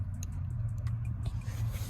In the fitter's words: hold look you PR press until you hear a click so that's the click right there